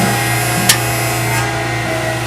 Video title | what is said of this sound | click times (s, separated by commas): F150 Front Install | you'll see that it snapped in on this side and then pull the clip hollow towards the front | 0.7 s